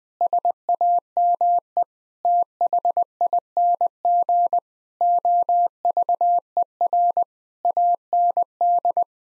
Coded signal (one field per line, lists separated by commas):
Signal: Morse code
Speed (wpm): 21 wpm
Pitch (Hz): 700 Hz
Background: none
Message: SAME THING OVER AND